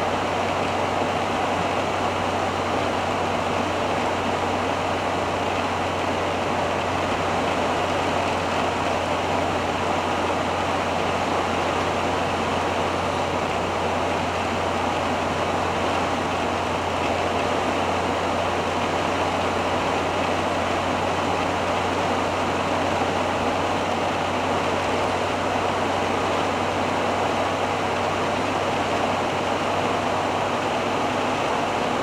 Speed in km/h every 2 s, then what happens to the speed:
84, 82, 82, 81, 81, 80, 80, 80, 80, 81, 82, 83, 84, 85, 87, 88.
0-17 steady at about 81. 17-32 speeds up to 88.